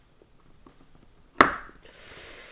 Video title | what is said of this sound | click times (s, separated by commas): Gmade Komodo GS02 Build- Part 3: Transmission | it on properly didn't it was a click it was a clip but it wasn't a satisfying click | 1.4 s